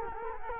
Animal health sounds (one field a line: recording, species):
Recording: mosquito wingbeat signal from an infrared sensor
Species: Culex quinquefasciatus